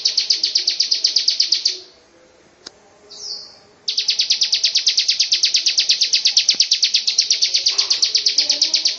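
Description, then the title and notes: Bird trill: a fast, even series of high, sharp notes that pauses briefly midway, then resumes steadily. "Bird Sound. Kicau Burung Lengkap"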